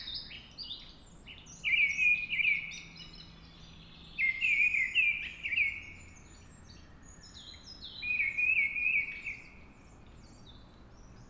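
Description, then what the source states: Mistle Thrush delivering three loud, whistled, warbling phrases with pauses between, over a busy background of high chirping birds. Singing at dawn.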